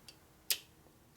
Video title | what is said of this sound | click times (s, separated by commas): 1961 xlch #233 no miles transmission motor rebuild sportster harley repair restoration tatro machine | It'll go pop here, and you hear it. Hear the pop. | 0.5 s